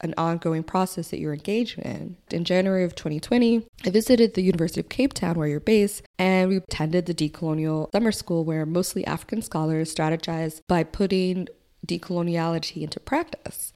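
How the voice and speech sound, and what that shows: An adult woman speaks fluently and clearly at an even pace, with normal voice quality and brief natural pauses.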